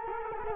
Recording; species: mosquito wingbeat signal from an infrared sensor; Culex quinquefasciatus